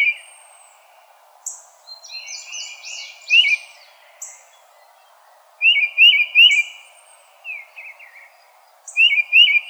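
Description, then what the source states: Tufted titmouse giving short runs of quick upslurred whistled notes in twos and threes, mixed with high thin buzzy chatter and brief scratchy notes. Recorded 4 January 2007.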